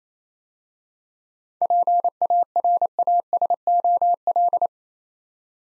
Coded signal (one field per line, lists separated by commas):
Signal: Morse code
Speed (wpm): 27 wpm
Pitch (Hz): 700 Hz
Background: none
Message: PARASOL